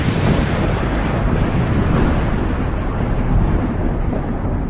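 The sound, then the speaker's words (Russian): A heavy, continuous booming rumble rolls on like thunder in the distance, with a few swelling surges of deep, noisy roar and no voices. “Они сцепились, принялись кататься по траве, и тут вдали гулко загрохало, словно гром среди ясного неба.”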